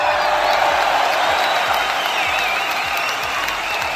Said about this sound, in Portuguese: Bota palmas aí.